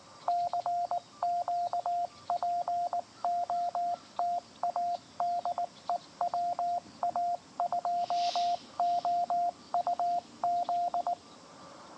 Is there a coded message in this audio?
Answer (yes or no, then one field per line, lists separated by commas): yes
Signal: Morse code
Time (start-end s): 0.3-11.1 s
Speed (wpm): 18 wpm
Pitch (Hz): 700 Hz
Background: radio noise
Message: CQ POTA DE WA2OUZ